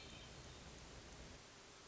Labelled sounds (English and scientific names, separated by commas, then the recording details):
Hermit Thrush (Catharus guttatus)
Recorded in Sonoma County, California